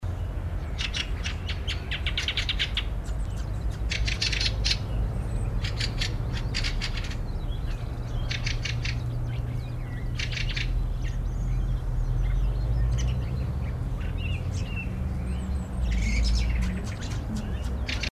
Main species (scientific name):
Turdus pilaris